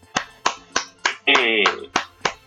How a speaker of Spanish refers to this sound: un aplauso, exactamente.